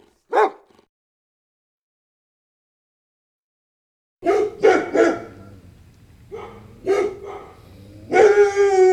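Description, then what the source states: Dog giving a single bark, then after a pause several barks in quick runs, ending in a longer drawn-out call. Large dog barking with light snarling.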